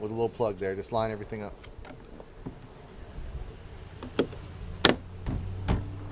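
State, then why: Seated. Someone talks while a plastic door trim panel with three retaining clips and a locating plug is lined up on the door of a 2012 Dodge Ram 1500 quad cab two-wheel drive and pushed in. Two sharp clicks are heard at 4.2 s and 4.9 s, the second much louder, as the clips snap in and the panel seats into place.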